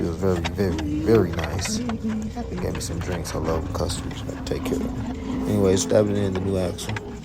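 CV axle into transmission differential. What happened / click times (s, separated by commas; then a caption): The part is being handled but has not yet seated; no seating clunk is heard / none. A new front passenger-side CV axle for a 2011 Nissan Rogue is stabbed into the transmission differential while someone talks throughout. The axle is handled and pushed but has not popped into the transmission yet, and nothing has seated or clicked by the end of the clip.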